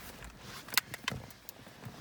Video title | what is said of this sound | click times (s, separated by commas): Kayhan amplified sound processor, plug & play into a VF Commodore | soon as you guys hear the click that's it | 0.8 s